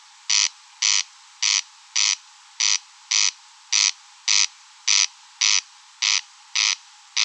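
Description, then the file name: Corn crake rasping repeatedly, loud scraping bursts evenly spaced, dry and mechanical, with no competing sounds. Recorded at Rønbjerg Enge. "Engsnarre Roenbjerg Enge"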